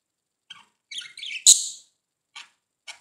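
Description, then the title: Budgerigar chirps, a few short notes and one sharp, loud squawk in the middle, then faint clicks. "Budgie Sounds"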